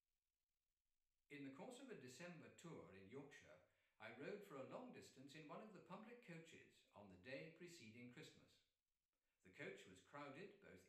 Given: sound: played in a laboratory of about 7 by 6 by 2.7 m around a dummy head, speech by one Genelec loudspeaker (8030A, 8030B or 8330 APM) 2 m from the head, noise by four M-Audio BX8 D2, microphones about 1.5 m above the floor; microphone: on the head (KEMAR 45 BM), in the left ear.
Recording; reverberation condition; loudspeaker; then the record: male speech in English; medium; 150 degrees to the left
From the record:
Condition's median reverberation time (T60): about 510 ms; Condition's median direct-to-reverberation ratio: about -0.5 dB